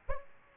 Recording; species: mosquito wingbeat signal from an infrared sensor; Aedes aegypti